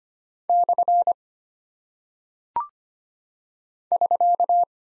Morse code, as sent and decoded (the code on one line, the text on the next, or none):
-..-. / ...-.-
/ <SK>